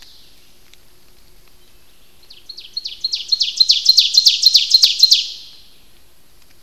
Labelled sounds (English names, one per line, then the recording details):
Ovenbird song
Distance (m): 10 m
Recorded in boreal forest in Alberta, Canada, on 29 May 2016 at 06:18
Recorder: SongMeter 3, array SBT-3-49
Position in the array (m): 115 m, 234 m
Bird 14